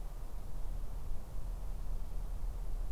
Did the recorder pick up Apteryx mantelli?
no